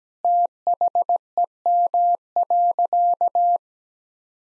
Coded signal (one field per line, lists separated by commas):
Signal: Morse code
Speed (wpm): 17 wpm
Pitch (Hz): 700 Hz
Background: none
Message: THEM.